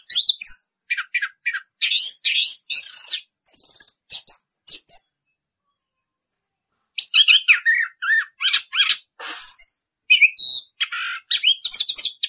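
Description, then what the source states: Orange-headed thrush delivering rapid varied song phrases of high chirps, slurs and buzzes, with a silent gap of about two seconds midway before singing resumes. Song in the extended rolling style called ngerol; master recording used for teaching birds.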